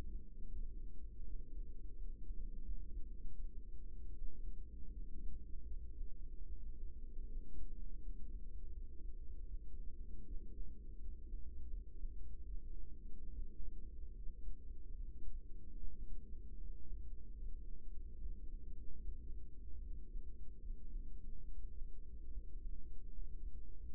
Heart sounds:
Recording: heart sounds by microphone in the right ear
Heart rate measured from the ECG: 77 bpm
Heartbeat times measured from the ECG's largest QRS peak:
0.50 s: heartbeat
1.24 s: heartbeat
1.96 s: heartbeat
2.62 s: heartbeat
3.33 s: heartbeat
4.13 s: heartbeat
4.90 s: heartbeat
5.65 s: heartbeat
6.46 s: heartbeat
7.27 s: heartbeat
8.00 s: heartbeat
8.70 s: heartbeat
9.45 s: heartbeat
10.24 s: heartbeat
10.98 s: heartbeat
11.67 s: heartbeat
12.45 s: heartbeat
13.30 s: heartbeat
14.12 s: heartbeat
14.91 s: heartbeat
15.75 s: heartbeat
16.58 s: heartbeat
17.36 s: heartbeat
18.17 s: heartbeat
19.00 s: heartbeat
19.79 s: heartbeat
20.58 s: heartbeat
21.43 s: heartbeat
22.28 s: heartbeat
23.10 s: heartbeat
23.92 s: heartbeat
From the record:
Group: healthy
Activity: rest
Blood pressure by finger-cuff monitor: 139/65 mmHg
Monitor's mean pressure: 87 mmHg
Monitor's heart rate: 77 bpm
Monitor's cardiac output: 7.8 L/min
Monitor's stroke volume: 99 mL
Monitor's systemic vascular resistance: 820 dyn s/cm5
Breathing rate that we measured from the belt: 20 breaths a minute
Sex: female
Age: 24 years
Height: 163 cm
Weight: 55.7 kg

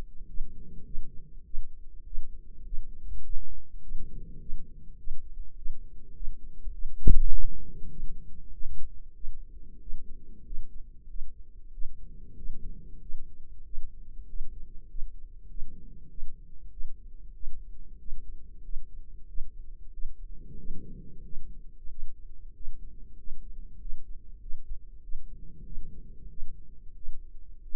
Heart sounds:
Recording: heart sounds by microphone in the right ear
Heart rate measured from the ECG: 97 bpm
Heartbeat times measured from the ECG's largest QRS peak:
0.29 s: heartbeat
0.86 s: heartbeat
1.46 s: heartbeat
2.06 s: heartbeat
2.65 s: heartbeat
3.24 s: heartbeat
3.82 s: heartbeat
4.40 s: heartbeat
4.98 s: heartbeat
5.56 s: heartbeat
6.15 s: heartbeat
6.73 s: heartbeat
7.31 s: heartbeat
7.90 s: heartbeat
8.51 s: heartbeat
9.15 s: heartbeat
9.80 s: heartbeat
10.45 s: heartbeat
11.09 s: heartbeat
11.72 s: heartbeat
12.36 s: heartbeat
13.01 s: heartbeat
13.64 s: heartbeat
14.27 s: heartbeat
14.89 s: heartbeat
15.49 s: heartbeat
16.09 s: heartbeat
16.71 s: heartbeat
17.34 s: heartbeat
17.99 s: heartbeat
18.63 s: heartbeat
19.27 s: heartbeat
19.92 s: heartbeat
20.57 s: heartbeat
21.23 s: heartbeat
21.89 s: heartbeat
22.54 s: heartbeat
23.17 s: heartbeat
23.79 s: heartbeat
24.41 s: heartbeat
25.02 s: heartbeat
25.64 s: heartbeat
26.29 s: heartbeat
26.94 s: heartbeat
27.62 s: heartbeat
From the record:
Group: healthy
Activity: rest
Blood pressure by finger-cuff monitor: 131/73 mmHg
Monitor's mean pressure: 91 mmHg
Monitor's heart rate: 98 bpm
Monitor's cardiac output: 9 L/min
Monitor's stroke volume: 93 mL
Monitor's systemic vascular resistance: 720 dyn s/cm5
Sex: male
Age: 33 years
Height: 179 cm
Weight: 80.4 kg

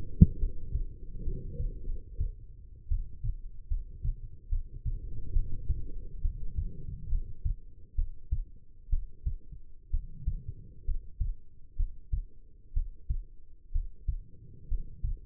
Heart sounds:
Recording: heart sounds by stethoscope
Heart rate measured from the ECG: 67 bpm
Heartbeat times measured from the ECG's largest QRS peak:
0.38 s: heartbeat
1.23 s: heartbeat
1.85 s: heartbeat
2.88 s: heartbeat
3.68 s: heartbeat
4.49 s: heartbeat
5.33 s: heartbeat
6.21 s: heartbeat
7.08 s: heartbeat
7.95 s: heartbeat
8.89 s: heartbeat
9.90 s: heartbeat
10.84 s: heartbeat
11.76 s: heartbeat
12.73 s: heartbeat
13.71 s: heartbeat
14.68 s: heartbeat
From the record:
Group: healthy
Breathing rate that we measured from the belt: 15 breaths a minute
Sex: female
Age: 22 years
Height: 171 cm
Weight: 65.6 kg

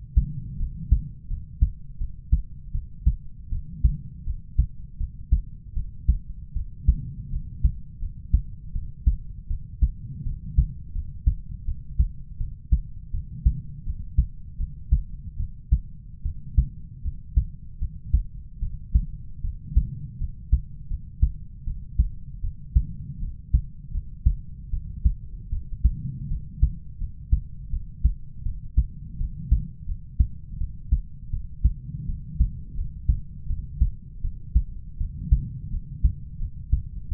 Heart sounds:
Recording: heart sounds by stethoscope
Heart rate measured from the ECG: 81 bpm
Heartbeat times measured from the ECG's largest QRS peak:
0.57 s: heartbeat
1.27 s: heartbeat
1.97 s: heartbeat
2.71 s: heartbeat
3.49 s: heartbeat
4.24 s: heartbeat
4.97 s: heartbeat
5.73 s: heartbeat
6.53 s: heartbeat
7.29 s: heartbeat
7.99 s: heartbeat
8.72 s: heartbeat
9.47 s: heartbeat
10.23 s: heartbeat
10.92 s: heartbeat
11.64 s: heartbeat
12.37 s: heartbeat
13.11 s: heartbeat
13.83 s: heartbeat
14.57 s: heartbeat
15.37 s: heartbeat
16.22 s: heartbeat
17.02 s: heartbeat
17.78 s: heartbeat
18.59 s: heartbeat
19.41 s: heartbeat
20.17 s: heartbeat
20.87 s: heartbeat
21.64 s: heartbeat
22.41 s: heartbeat
23.19 s: heartbeat
23.91 s: heartbeat
24.70 s: heartbeat
25.49 s: heartbeat
26.27 s: heartbeat
26.98 s: heartbeat
27.70 s: heartbeat
28.42 s: heartbeat
29.17 s: heartbeat
29.85 s: heartbeat
30.57 s: heartbeat
31.30 s: heartbeat
32.06 s: heartbeat
32.74 s: heartbeat
33.47 s: heartbeat
34.21 s: heartbeat
34.97 s: heartbeat
35.70 s: heartbeat
36.38 s: heartbeat
37.08 s: heartbeat
From the record:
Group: healthy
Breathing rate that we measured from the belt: 19 breaths a minute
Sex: male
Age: 20 years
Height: 187 cm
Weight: 68.9 kg

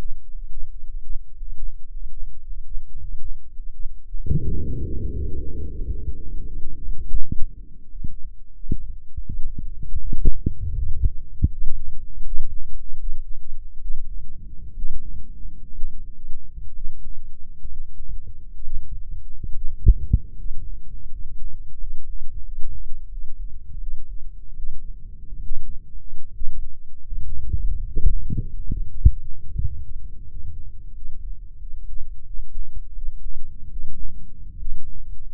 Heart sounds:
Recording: heart sounds by microphone in the left ear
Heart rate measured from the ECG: 84 bpm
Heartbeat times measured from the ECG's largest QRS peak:
0.28 s: heartbeat
0.81 s: heartbeat
1.34 s: heartbeat
1.88 s: heartbeat
2.43 s: heartbeat
2.97 s: heartbeat
3.51 s: heartbeat
4.06 s: heartbeat
4.61 s: heartbeat
5.15 s: heartbeat
5.68 s: heartbeat
6.22 s: heartbeat
6.75 s: heartbeat
7.31 s: heartbeat
7.90 s: heartbeat
8.53 s: heartbeat
9.23 s: heartbeat
9.98 s: heartbeat
10.74 s: heartbeat
11.50 s: heartbeat
12.23 s: heartbeat
12.98 s: heartbeat
13.80 s: heartbeat
14.74 s: heartbeat
15.73 s: heartbeat
16.73 s: heartbeat
17.68 s: heartbeat
18.61 s: heartbeat
19.52 s: heartbeat
20.35 s: heartbeat
21.09 s: heartbeat
21.78 s: heartbeat
22.43 s: heartbeat
23.09 s: heartbeat
23.78 s: heartbeat
24.54 s: heartbeat
25.40 s: heartbeat
26.31 s: heartbeat
27.21 s: heartbeat
28.05 s: heartbeat
28.85 s: heartbeat
29.58 s: heartbeat
30.26 s: heartbeat
30.92 s: heartbeat
31.57 s: heartbeat
32.23 s: heartbeat
32.93 s: heartbeat
33.68 s: heartbeat
34.56 s: heartbeat
From the record:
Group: healthy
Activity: Valsalva maneuver 0-6 s, rest 6-35 s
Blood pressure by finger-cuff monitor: 115/77 mmHg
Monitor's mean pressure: 86 mmHg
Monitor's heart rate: 80 bpm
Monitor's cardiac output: 6.9 L/min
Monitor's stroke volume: 86 mL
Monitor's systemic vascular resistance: 940 dyn s/cm5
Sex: male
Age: 23 years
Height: 178 cm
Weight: 96.6 kg

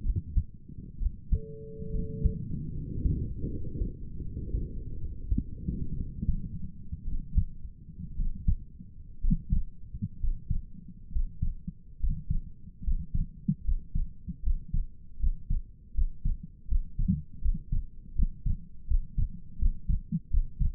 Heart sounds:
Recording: heart sounds by stethoscope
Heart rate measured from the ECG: 71 bpm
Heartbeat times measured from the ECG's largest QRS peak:
0.05 s: heartbeat
1.01 s: heartbeat
1.94 s: heartbeat
2.74 s: heartbeat
3.50 s: heartbeat
4.24 s: heartbeat
5.00 s: heartbeat
5.97 s: heartbeat
7.06 s: heartbeat
8.17 s: heartbeat
9.23 s: heartbeat
10.21 s: heartbeat
11.13 s: heartbeat
12.00 s: heartbeat
12.84 s: heartbeat
13.65 s: heartbeat
14.43 s: heartbeat
15.20 s: heartbeat
15.95 s: heartbeat
16.69 s: heartbeat
17.42 s: heartbeat
18.16 s: heartbeat
18.88 s: heartbeat
19.59 s: heartbeat
20.31 s: heartbeat
From the record:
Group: healthy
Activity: rest 0-7 s, breath hold 7-21 s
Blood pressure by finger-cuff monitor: 117/53 mmHg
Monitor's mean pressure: 69 mmHg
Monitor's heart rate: 72 bpm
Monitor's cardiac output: 7.5 L/min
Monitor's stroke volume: 104 mL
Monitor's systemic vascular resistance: 640 dyn s/cm5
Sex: male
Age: 22 years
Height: 181 cm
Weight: 79 kg

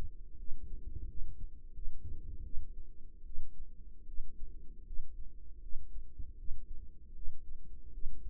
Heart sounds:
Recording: heart sounds by microphone in the right ear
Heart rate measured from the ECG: 80 bpm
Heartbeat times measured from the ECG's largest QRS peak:
0.37 s: heartbeat
1.07 s: heartbeat
1.73 s: heartbeat
2.43 s: heartbeat
3.25 s: heartbeat
4.06 s: heartbeat
4.85 s: heartbeat
5.61 s: heartbeat
6.37 s: heartbeat
7.14 s: heartbeat
7.92 s: heartbeat
From the record:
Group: healthy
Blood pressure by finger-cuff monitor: 101/59 mmHg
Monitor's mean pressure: 73 mmHg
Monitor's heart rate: 80 bpm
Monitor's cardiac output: 7.3 L/min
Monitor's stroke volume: 87 mL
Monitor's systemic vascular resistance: 730 dyn s/cm5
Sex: female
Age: 22 years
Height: 157 cm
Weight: 47.6 kg

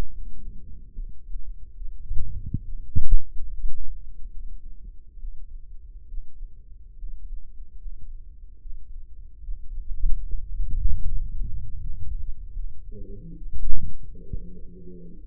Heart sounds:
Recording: heart sounds by microphone in the left ear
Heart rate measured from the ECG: 72 bpm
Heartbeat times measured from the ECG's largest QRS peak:
0.13 s: heartbeat
0.93 s: heartbeat
1.75 s: heartbeat
2.62 s: heartbeat
3.44 s: heartbeat
4.30 s: heartbeat
5.18 s: heartbeat
6.07 s: heartbeat
6.96 s: heartbeat
7.78 s: heartbeat
8.60 s: heartbeat
9.42 s: heartbeat
10.22 s: heartbeat
11.02 s: heartbeat
11.79 s: heartbeat
12.54 s: heartbeat
13.36 s: heartbeat
14.25 s: heartbeat
15.17 s: heartbeat
From the record:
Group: healthy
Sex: male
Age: 35 years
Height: 178 cm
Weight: 64 kg

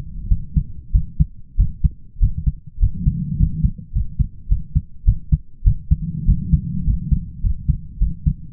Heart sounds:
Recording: heart sounds by stethoscope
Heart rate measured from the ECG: 101 bpm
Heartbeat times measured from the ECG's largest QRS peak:
0.29 s: heartbeat
0.92 s: heartbeat
1.57 s: heartbeat
2.19 s: heartbeat
2.79 s: heartbeat
3.37 s: heartbeat
3.93 s: heartbeat
4.48 s: heartbeat
5.05 s: heartbeat
5.64 s: heartbeat
6.26 s: heartbeat
6.84 s: heartbeat
7.41 s: heartbeat
7.98 s: heartbeat
From the record:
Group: healthy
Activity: rest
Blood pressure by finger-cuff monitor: 115/60 mmHg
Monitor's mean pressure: 73 mmHg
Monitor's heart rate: 102 bpm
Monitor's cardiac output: 7.5 L/min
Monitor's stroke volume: 73 mL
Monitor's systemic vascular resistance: 720 dyn s/cm5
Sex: male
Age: 20 years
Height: 167 cm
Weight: 61 kg

